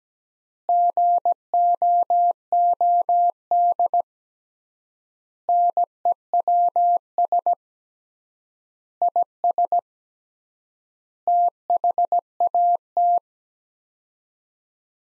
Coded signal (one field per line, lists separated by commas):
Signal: Morse code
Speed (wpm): 17 wpm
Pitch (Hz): 700 Hz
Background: none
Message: GOOD NEWS IS THAT